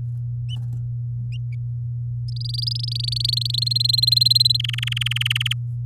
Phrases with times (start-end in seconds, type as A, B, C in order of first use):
2.28-3.52 A, 3.54-4.57 B, 4.59-5.53 C